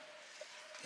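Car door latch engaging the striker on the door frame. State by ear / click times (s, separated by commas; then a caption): not seated / none. A 1957 car's door is being closed after its exterior door lock was refitted, with the door latch about to engage the striker on the door frame. A faint steady hiss holds for most of the clip, with a brief tonal blip near 0.4 s and a rising broadband swell at the very end. Nothing has seated or clicked yet.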